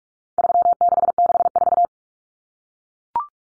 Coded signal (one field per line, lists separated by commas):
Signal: Morse code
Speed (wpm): 44 wpm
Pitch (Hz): 700 Hz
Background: none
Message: 3664